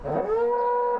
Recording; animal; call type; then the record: contact call of a hoofed animal; cattle; low-frequency (closed-mouth) or high-frequency (open-mouth) call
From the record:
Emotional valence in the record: negative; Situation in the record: full separation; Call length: 0.99 s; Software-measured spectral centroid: 850 Hz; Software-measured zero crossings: 1340 a second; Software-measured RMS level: -24 dBFS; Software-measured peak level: -15 dBFS